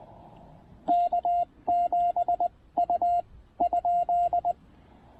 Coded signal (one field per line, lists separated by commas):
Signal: Morse code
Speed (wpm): 20 wpm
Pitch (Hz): 700 Hz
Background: none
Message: K7U?